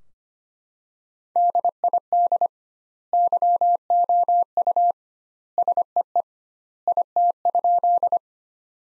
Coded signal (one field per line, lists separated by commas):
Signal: Morse code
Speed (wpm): 25 wpm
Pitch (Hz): 700 Hz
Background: none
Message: DID YOU SEE IT?